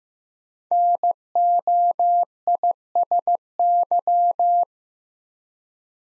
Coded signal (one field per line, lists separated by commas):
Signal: Morse code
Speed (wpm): 15 wpm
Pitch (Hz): 700 Hz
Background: none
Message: NOISY